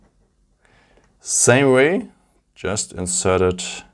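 A second nano SIM card is being fitted into the plastic dual-SIM tray of a OnePlus Nord 2T phone. Two faint, short ticks sound at 0.7 s and 1.0 s, and then someone talks. Nothing has seated or clicked yet.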